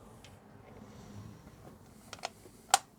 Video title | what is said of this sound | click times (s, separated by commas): Replacing Factory Fit Spark Plugs On The Rover 75 - It HAS To Run Better! | And you can feel when it clicks into place. | 2.7 s